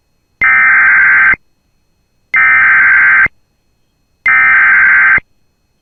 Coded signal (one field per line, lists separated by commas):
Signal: Emergency Alert System (SAME) tones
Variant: header bursts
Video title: [EAS] Severe Thunderstorm Warning for Todd and Sterns County June 23 2023